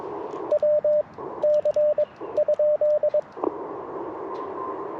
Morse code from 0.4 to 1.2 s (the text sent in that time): W